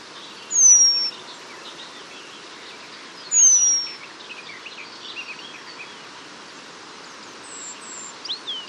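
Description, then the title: Eurasian penduline tit giving two long, thin, high descending whistles about three seconds apart, with soft background twittering and a few faint chirps near the end. "La Mésange rémiz (Remiz pendulinus)"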